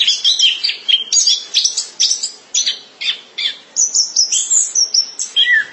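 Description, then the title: Thrush song, a run of high chattering phrases in regular short bursts, ending with bright drawn-out whistles. "burung anis x"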